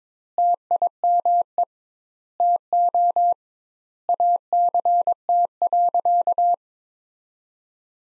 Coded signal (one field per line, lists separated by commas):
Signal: Morse code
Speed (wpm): 22 wpm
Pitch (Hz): 700 Hz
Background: none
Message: TIME TO ACT.